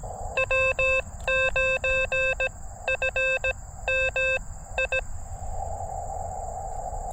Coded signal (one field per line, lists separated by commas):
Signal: Morse code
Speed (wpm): 17 wpm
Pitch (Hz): 2600 Hz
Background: none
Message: W9FMI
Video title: Quick CW POTA at US-4567 with the Elecraft KX2 and Gabil GRA 7350TC antenna